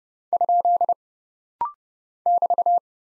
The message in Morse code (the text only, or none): ? <BT>